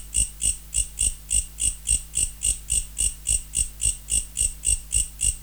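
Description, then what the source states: Mecopoda katydid song of evenly repeated rasping chirps, about three and a half each second, bright and high, with a low steady hum in the background. Recorded in November.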